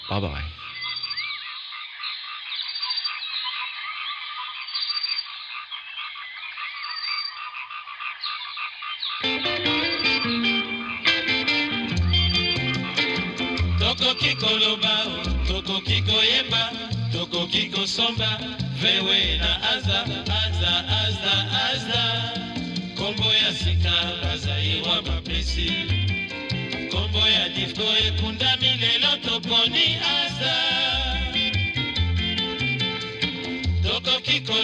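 Tropical birdsong opens with bright, repeating chirps and trills and no low sounds beneath them. Around nine seconds Congolese rumba comes in: a steady, dense groove with deep bass, regular beats and bright guitar lines, while chirps continue above it to the end.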